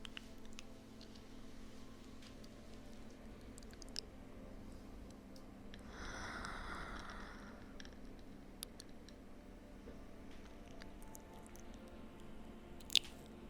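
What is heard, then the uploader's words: Slow ear licks and kisses, with soft wet clicks and smacks scattered through. A longer, brighter wet sound swells around the middle, and a sharp click lands near the end over a low steady hum. ASMR Slow Ear LicksKisses.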